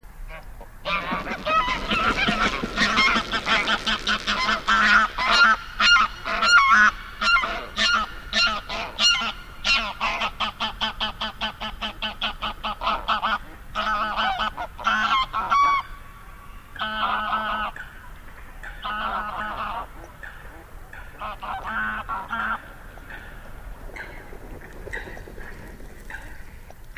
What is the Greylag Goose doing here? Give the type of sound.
call